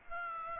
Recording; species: mosquito wingbeat signal from an infrared sensor; Aedes aegypti